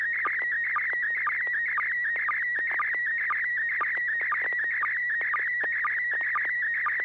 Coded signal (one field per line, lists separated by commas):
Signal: SSTV (slow-scan television)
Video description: River City ARCS SSTV Net 9 pm Wednesdays Pacific Time on N6NA FM repeater 441.30 MHz, Sacramento, CA